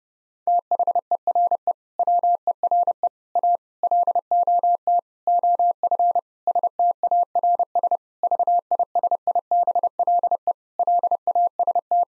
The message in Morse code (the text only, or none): THERE WERE A LOT OF STARS VISIBLE LAST